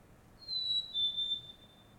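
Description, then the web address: Bird call: one pure whistled note dropping a little in pitch midway, about a second long, against quiet background noise. Solo bird calling in a Montreal suburb, Canada, early morning. "Nature in the City AMB SUBURB Solo Bird Call, Early Morning, Distant Traffic Passbys, Montreal, Canada"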